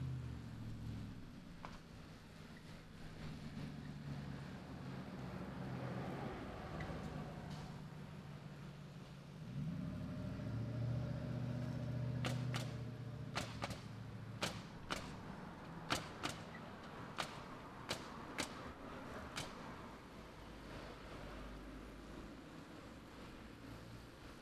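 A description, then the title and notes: A nail gun fires in sharp, bright cracks at a construction site, about eight shots spaced a second or so apart between 12 and 20 seconds. Beneath it runs a steady low rumble of wind and passing traffic, swelling around 10 seconds. Standing by the Crossings at NoDa development in the Sugar Creek neighborhood.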